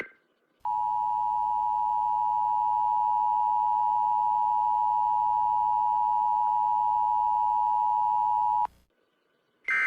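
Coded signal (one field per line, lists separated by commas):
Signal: Emergency Alert System (SAME) tones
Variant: 853 and 960 Hz attention tone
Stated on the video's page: EAS tones played at normal speed and slowed from 0.2x to 0.9x.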